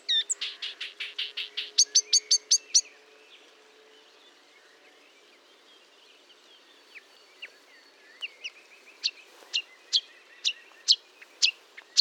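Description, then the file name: Marsh warbler song: a fast chattering run of harsh and high notes, several seconds of near quiet, then spaced sharp high notes. Recorded at Fontaine-Française (Fourneau) on 1 June 2022 at 10:55, using Nagra and Telinga equipment. "Rousserolle verderolle 1055 Fontaine-Francaise-Fourneau"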